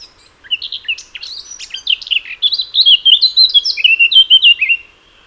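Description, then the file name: Eurasian blackcap song: a quiet, scratchy chattering warble that swells into a loud run of clear fluting whistles, then stops abruptly. "Sylvia atricapilla"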